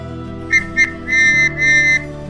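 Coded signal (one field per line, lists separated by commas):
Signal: whistle signal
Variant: Scouting whistle signals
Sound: a shrill whistle: two short blasts, then two longer blasts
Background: low background hum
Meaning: Duty patrol leader report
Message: 2 short, 2 long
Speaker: duty petrol leader report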